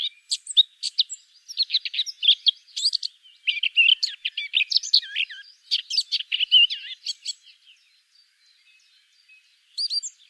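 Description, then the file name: Eurasian blackcap delivering a long, continuous, scratchy warble of rapid varied notes for about seven seconds, then quiet, with a short burst near the end. "Sylvia atricapilla"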